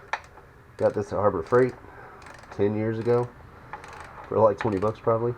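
A click-type torque wrench from Harbor Freight clicks sharply at 0.1 s as it reaches its setting on a valve cover bolt, continuing the cross pattern during a valve cover gasket swap on a 2013-2017 Honda Accord 2.4. Afterwards someone talks.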